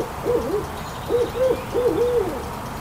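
Owl hooting: three short phrases of two hoots each over about three seconds, against low background noise.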